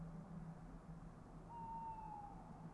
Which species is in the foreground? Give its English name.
Tawny Owl